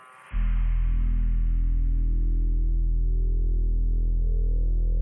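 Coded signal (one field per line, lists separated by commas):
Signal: channel marker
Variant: UVB-76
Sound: a sudden loud, harsh, low droning buzz that holds steady for about five seconds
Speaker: écoutez actuellement une station radio connue sous le nom duvb76 probablement le mystère le plus connu et persistant de l'histoire de la diffusion radiophonique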